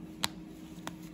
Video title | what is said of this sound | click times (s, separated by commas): Cloth Diapers For Beginners - 7 Months No Disposables | When you hear that snap, that's what you're looking for. | 0.2 s